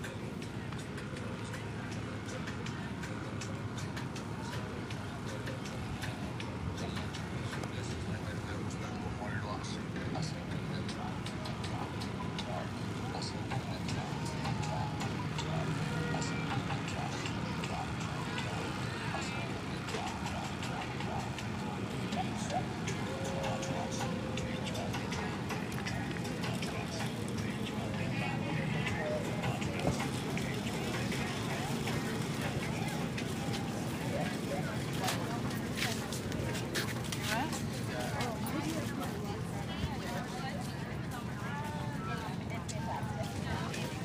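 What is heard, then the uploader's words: An outdoor farmers market with a steady wash of overlapping voices, people talking without any single speaker standing out. A low, continuous rumble of passing traffic runs underneath throughout, and the level holds even for the whole stretch. Uptown Farmer’s Market Solo Run on a very hot Saturday morning in Phoenix Arizona. Farmers market. People talking. Turning out to be a record-breaking average temp above 110 degrees Fahrenheit, 43 degrees Celsius.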